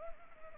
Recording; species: mosquito wingbeat signal from an infrared sensor; Anopheles arabiensis